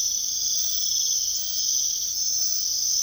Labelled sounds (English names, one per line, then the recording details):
none
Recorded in secondary vegetation near Puerto Asís, Putumayo, Colombia, on 21 February 2024 at 04:30
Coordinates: 0.500, -76.326
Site G6428